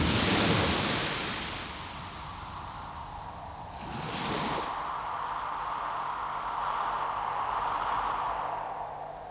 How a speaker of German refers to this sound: Das Meer.